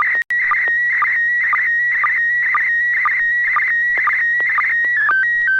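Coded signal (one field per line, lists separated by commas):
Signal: SSTV (slow-scan television)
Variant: PD 120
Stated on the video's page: SSTV images sent during a weekly net on an FM repeater on 441.300 MHz, generated with MMSSTV software.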